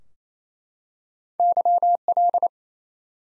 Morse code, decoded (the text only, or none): YL